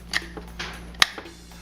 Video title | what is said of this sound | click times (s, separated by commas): BEST Dual Lens Endoscope Camera Teslong 4 5 IPS Screen HD Pictures & Video with Sound! REVIEW | that click right there is important once you do that it stays in place and you have to hit that button to release it | 1.0 s